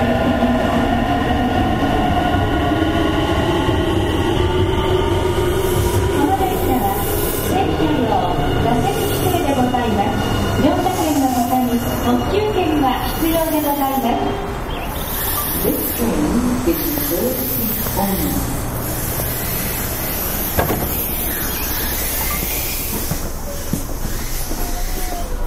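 Running sound of a Nankai 50000 series electric train: a steady low rumble throughout, with motor whines that rise and shift in pitch from about 5 to 19 seconds. Voices murmur faintly underneath, and a sharp clack lands around 21 seconds.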